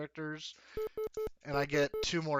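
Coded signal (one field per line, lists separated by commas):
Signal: none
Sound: game menu input beeps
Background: speech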